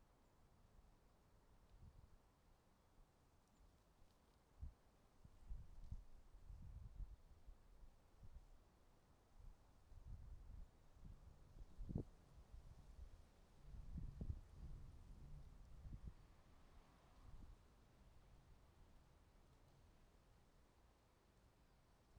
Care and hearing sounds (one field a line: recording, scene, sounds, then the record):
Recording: everyday scene through a hearing-aid microphone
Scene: wind on the microphone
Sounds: wind, traffic, birds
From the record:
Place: suburban garden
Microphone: in the ear canal, right